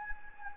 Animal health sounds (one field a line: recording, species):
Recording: mosquito wingbeat signal from an infrared sensor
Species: Anopheles gambiae